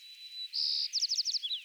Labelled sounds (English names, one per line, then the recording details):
White-crowned Sparrow song
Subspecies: nuttalli
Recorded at Bonny Doon, California, in 2014
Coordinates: 36.995, -122.180
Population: admixed
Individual BODU_male966_14